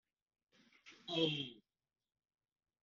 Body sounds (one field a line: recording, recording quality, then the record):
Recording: sustained vowel as in boot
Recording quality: poor, much background noise or distortion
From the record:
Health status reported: COVID-19 positive, mild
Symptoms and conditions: cough, cold, fever, loss of smell and taste, asthma, chronic lung disease, pneumonia, hypertension, diabetes, ischaemic heart disease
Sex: male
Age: 40 years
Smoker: yes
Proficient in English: yes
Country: India